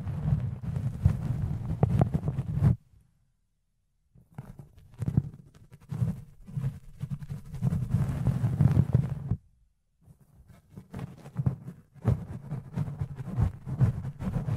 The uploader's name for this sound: Fluffy Ear Cleaning, Ear Picking